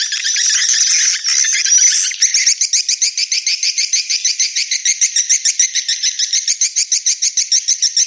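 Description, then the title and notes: Swiftlet call with a high buzzy opening, then a fast run of evenly spaced pulsed chirps. Used in swiftlet farming, Asia. "Swiflet Bird Sound. Farming Swiflet Bird asia sound"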